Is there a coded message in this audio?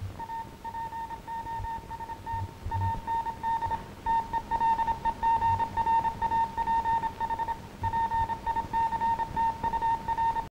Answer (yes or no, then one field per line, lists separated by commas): yes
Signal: Morse code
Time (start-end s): 0.2-10.4 s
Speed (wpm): 27 wpm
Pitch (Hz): 910 Hz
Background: none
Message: A POST AND TELEGRAPH PICTUR